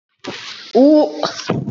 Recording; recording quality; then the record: sustained vowel as in boot; poor, much background noise or distortion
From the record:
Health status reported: COVID-19 positive, moderate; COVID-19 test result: positive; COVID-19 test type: RT-PCR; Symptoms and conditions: cough, cold, breathing difficulty, fever, fatigue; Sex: female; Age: 57 years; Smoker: no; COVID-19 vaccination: one dose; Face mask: not worn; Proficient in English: yes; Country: India